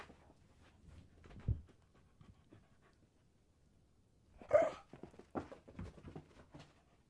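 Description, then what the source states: Dog giving one sharp, loud bark, followed by a few softer huffs and snorts, with scattered light thumps and a quiet background. Dog barking while playing fetch.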